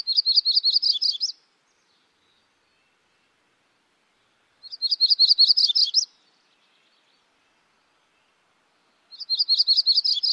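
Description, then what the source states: MacGillivray's Warbler song: three short phrases of rapid repeated notes, a few seconds apart, the last cut off. Various song types; the bird favours dense thickets, shrubbery and willows.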